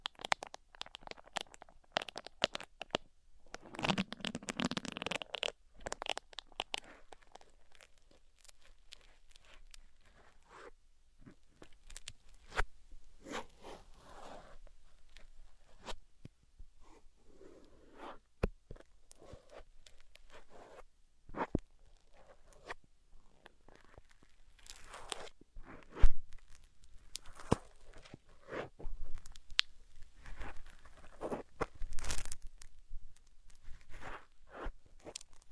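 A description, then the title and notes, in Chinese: Ear picking with a steady run of small scratchy, crackling rubs and clicks across the whole half-minute, some stretches denser than others. A louder burst of rustling comes around four to five seconds, and sharper crackles stand out near 26 and 32 seconds. 抠耳朵。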